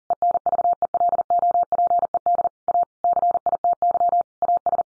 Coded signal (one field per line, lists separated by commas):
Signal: Morse code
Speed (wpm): 40 wpm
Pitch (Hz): 700 Hz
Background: none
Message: ENVELOPED A CITY AS